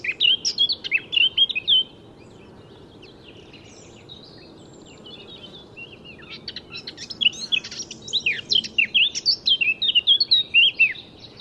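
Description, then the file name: Eurasian blackcap song: a short warbled burst, a quiet pause of several seconds, then a longer phrase of fast chattering notes ending in bright fluty whistles. "Sylvia atricapilla"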